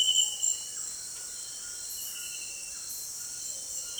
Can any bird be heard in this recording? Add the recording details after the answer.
no. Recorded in dense forest near Puerto Asís, Putumayo, Colombia, on 23 June 2025 at 18:00. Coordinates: 0.484, -76.325. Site H65